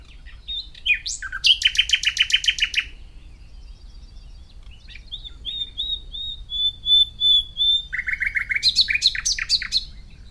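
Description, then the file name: Common nightingale song: rapid buzzy rattling trills and sharp chirps, a sequence of pure whistled notes in the middle, then another fast churring burst. "Luscinia megarhynchos"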